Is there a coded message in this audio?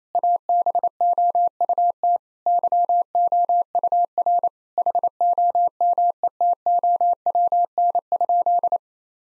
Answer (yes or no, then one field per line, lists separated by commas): yes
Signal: Morse code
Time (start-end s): 0.1-8.8 s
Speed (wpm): 28 wpm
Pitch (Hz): 700 Hz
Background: none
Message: ABOUT YOUR HOMETOWN?